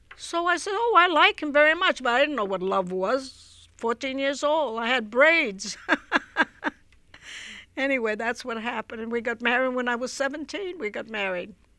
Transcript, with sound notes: So I says, "Oh, I like him very much," but I didn't know what love was. Fourteen years old. I had brains. (she laughs) Anyway, that's what happened. And we got married when I was seventeen, we got married.